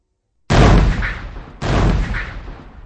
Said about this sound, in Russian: Била корабельная артиллерия, взрывались бомбы, трещали автоматы, и назойливо лез в ноздри запах горелого человеческого мяса.